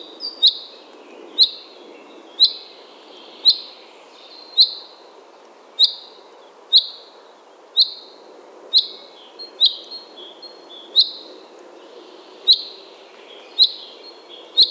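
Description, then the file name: Common chaffinch calling, a bright clipped note dropping in pitch and repeated steadily about every second, with faint background hiss throughout. "Fringilla coelebs"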